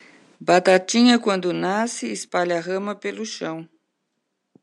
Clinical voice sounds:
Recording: short text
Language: Brazilian Portuguese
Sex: female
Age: 60 to 69 years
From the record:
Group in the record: control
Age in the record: 69 years

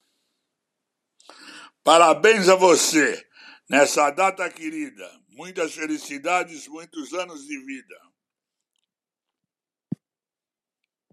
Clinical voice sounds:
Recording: short text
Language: Brazilian Portuguese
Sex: male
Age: 70 to 79 years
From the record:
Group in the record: control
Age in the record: 74 years

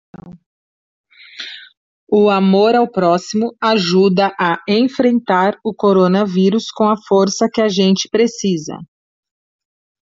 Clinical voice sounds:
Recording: spoken sentence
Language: Brazilian Portuguese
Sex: female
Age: 40 to 49 years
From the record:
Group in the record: control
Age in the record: 47 years

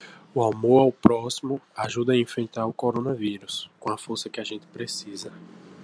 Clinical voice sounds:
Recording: spoken sentence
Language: Brazilian Portuguese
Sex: male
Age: 20 to 29 years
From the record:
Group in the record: control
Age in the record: 25 years

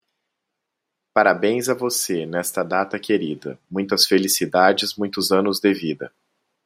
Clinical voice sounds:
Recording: short text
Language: Brazilian Portuguese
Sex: male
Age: 30 to 39 years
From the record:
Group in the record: control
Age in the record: 32 years

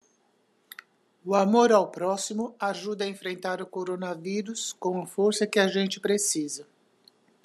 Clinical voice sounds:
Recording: spoken sentence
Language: Brazilian Portuguese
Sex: female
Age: 70 to 79 years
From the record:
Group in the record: control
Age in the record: 76 years

